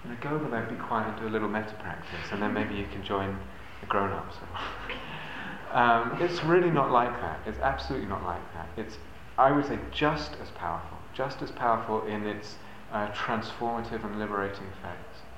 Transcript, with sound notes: go over there, be quiet, and do a little mettā practice, and then maybe you can join the grown-ups." [laughs] It's really not like that. It's absolutely not like that. It's, I would say, just as powerful, just as powerful in its transformative and liberating effects.